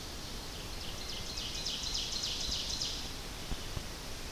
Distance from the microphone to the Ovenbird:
about 80 m